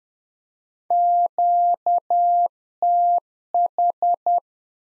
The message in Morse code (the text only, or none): QTH